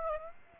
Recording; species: mosquito wingbeat signal from an infrared sensor; Aedes aegypti